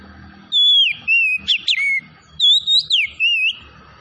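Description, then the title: Oriental magpie-robin singing loud whistled notes that swoop down and up, in two quick runs of varied phrases with brief gaps, a faint hum behind. Tretes variety, singing vigorously (gacor). "Kacer Tretes Gacor"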